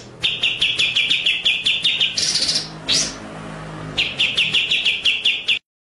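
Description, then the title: White-rumped shama song: rapid, regular pulsed rattle, a harsh buzzy burst in the middle, then the rattle again until it stops abruptly. Masteran (training) track of full ngerol and nembak song. "Masteran Murai Batu Full Ngerol Nembak"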